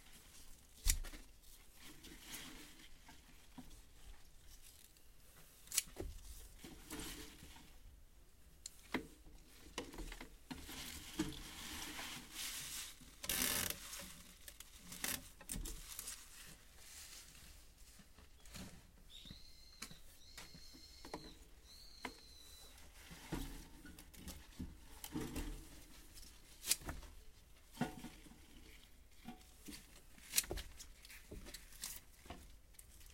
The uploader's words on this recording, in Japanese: 夕方、収穫してきた水かけ菜の、出荷準備をしています。秤で重さをはかり、テープで巻き付けて束にしていきます。